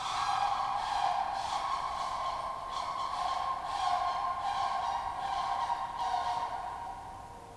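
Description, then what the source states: Sandhill Crane rolling, rattling calls, a steady resonant band with pulsed bursts, echoing broadly over a soft hiss. Sprucedale area, Almaguin Highlands, Ontario; May 3, 2023, 6:30 p.m.; calls reverberating in a clearing; audio recorder inside a home bird feeder.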